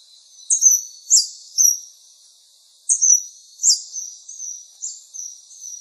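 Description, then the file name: Scaled Hermit uttering thin, very high squeaks in a short burst of three, a pause, then a further run of fading notes. Recorded in Misiones, along the road to the sanctuary. "Ermitano escamado Misiones Camino del santuario"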